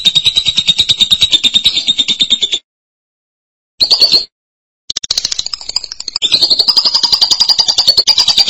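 Lovebird song: rapid buzzy chattering runs, a short squeaky burst after a pause, then continued fast pulsed chatter.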